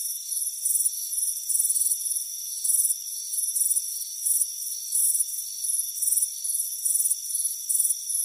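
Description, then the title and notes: Crickets chirping in uneven pulsed bursts, high and shrill, over a steady background of high insect noise. Warm afternoon, front porch. "Soothing Crickets Chirping Sound. It's a warm afternoon as you relax in a hammock on the front porch. Deep Sleep Sounds"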